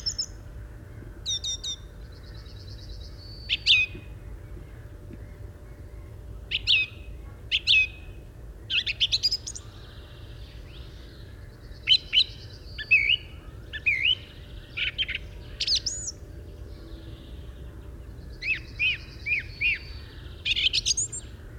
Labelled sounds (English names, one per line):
Song Thrush song